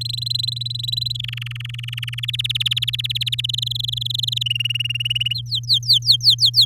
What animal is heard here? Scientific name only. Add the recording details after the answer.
Serinus canaria. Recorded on 11 May 2018 at 05:48. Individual llb16